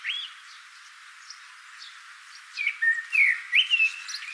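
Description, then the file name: Common blackbird song: a short whistle at the start, then a full mellow phrase of looping fluted notes rising and falling near the close. "Turdus merula"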